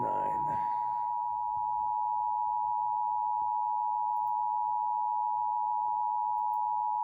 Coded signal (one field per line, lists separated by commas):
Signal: Emergency Alert System (SAME) tones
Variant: 853 and 960 Hz attention tone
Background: speech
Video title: WASN'T ANTICIPATING AN EVI, BUT I GOT IT... EAS Alerts from 4/27/25 (EAS 5,718 - 5,737)